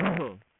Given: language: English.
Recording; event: throat vibration sensor signal played as sound; throat clearing